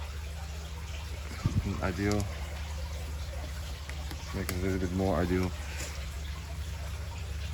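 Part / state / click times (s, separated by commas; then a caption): cathode piece into fuel cell housing / not seated / none. A cathode piece is being fitted into a microbial fuel cell housing amid trickling water sounds while someone talks. The piece does not snap into place and is held by hand instead. Nothing has seated or clicked yet.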